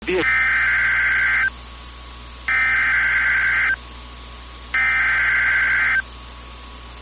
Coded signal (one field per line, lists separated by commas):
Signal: Emergency Alert System (SAME) tones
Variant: header bursts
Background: speech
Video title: Severe Thunderstorm Warning (OH) (3/30/25) [EAS #106]